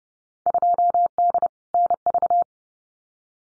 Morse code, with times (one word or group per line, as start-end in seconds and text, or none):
0.5-1.5 2D
1.7-2.4 NV